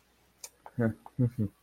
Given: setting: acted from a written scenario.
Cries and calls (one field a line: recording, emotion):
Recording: vocal sound without words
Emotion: contempt